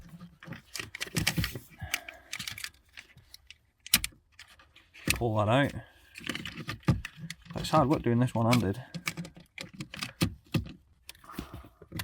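Someone talks while working one-handed at the front of a BMW E60 car seat, handling a plug or trim piece during a cheap occupancy mat sensor fix for the airbag light, with sharp plastic knocks and rustles scattered throughout, the loudest near 3.9 s. Nothing has seated or clicked into place yet.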